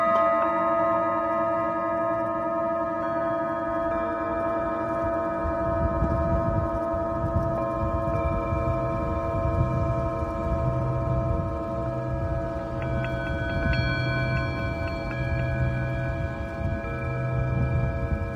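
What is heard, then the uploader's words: A Tibetan singing bowl rings with steady, layered sustained tones, a low pulsing rumble underneath, and a brighter overtone swelling in near the end. Tibetan Singing Bowl のサウンドヒーリングLIVE.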